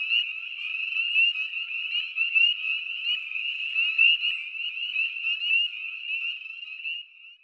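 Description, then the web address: Spring peepers in a dense chorus, countless high, shrill peeps overlapping into a steady ringing wall of sound that fades at the very end. "Dan Gibson Wildlife Identification By Sound, Eastern North America Pt 1. Spring Peeper Frog"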